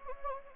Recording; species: mosquito wingbeat signal from an infrared sensor; Anopheles gambiae